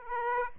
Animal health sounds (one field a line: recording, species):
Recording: mosquito wingbeat signal from an infrared sensor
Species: Aedes aegypti